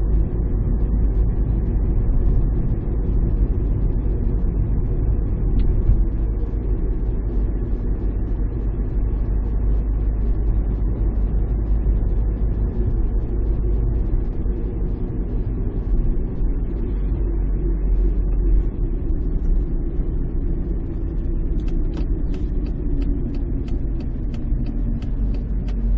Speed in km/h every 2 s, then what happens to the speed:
41, 40, 39, 39, 39, 40, 38, 36, 34, 33, 31, 26, 20.
0-10 steady at about 39. 10-26 slows to 20.